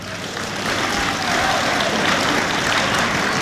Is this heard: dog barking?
no